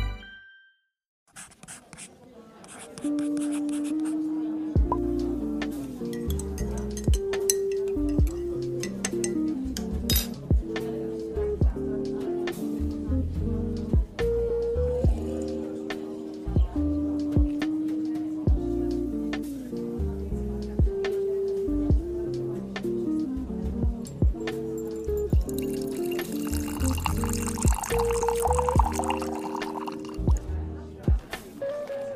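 Coffee shop ambience: steady music with a plodding bass line, frequent cup clinks, murmured talk, and a loud hissing burst around twenty-six seconds.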